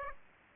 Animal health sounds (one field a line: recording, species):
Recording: mosquito wingbeat signal from an infrared sensor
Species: Aedes aegypti